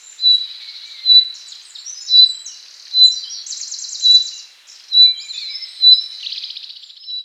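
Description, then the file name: Common nightingale delivering a varied song of piercing whistles, rapid rattling trills and chattering phrases, repeated in quick succession. "Luscinia megarhynchos"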